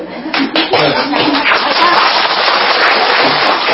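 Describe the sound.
An audience at a Buddhist lecture claps together in encouragement, a dense, steady patter of applause that holds at an even loudness throughout, with a few voices mixed in underneath.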